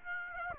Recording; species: mosquito wingbeat signal from an infrared sensor; Aedes aegypti